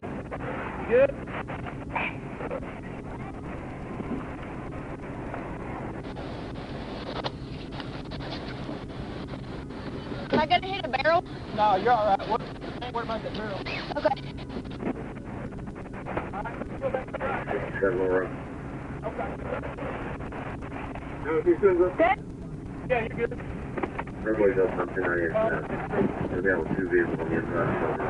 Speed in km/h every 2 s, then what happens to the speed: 0, 0, 0, 0, 0, 0, 0, 0, 0, 0, 0, 0, 0, 0.
0-28 standing.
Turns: none.